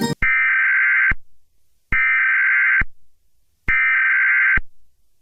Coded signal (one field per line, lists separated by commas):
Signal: Emergency Alert System (SAME) tones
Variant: header bursts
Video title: AMETHYST TWISTER | An EAS Scenario